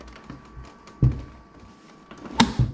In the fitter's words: There it is. Once it clicks, you know it's safe. It's locked in.